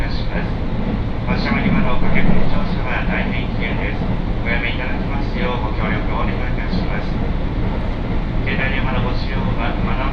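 A ride on the Tokaido Main Line train, with a steady low rumble running under the whole stretch. Voices talk on and off throughout, and the rumble swells louder for a moment around two seconds before settling back to an even level.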